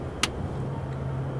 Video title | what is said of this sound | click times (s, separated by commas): Solution to the problem Phil has with his car | then the extremes there are two clips that secure it make sure you hear the clip | 0.2 s